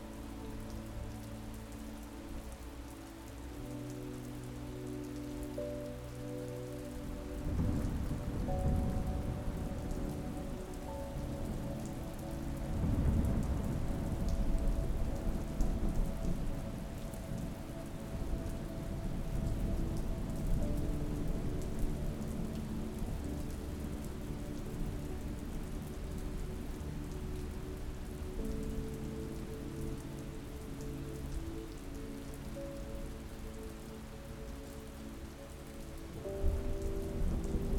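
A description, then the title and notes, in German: A storm with steady rain pattering on a surface, heard close by. Around eight seconds a deep rumble of thunder swells in and rolls on heavily until about twenty-five seconds, then eases back to the rain, with another low rumble building near the end. Der Klang des STURMS.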